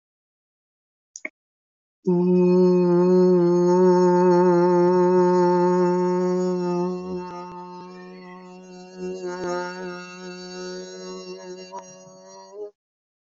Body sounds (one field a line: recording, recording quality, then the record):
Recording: sustained vowel as in boot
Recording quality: excellent, no background noise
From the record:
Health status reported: healthy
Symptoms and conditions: hypertension, diabetes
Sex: male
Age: 59 years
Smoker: not ticked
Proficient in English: yes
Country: India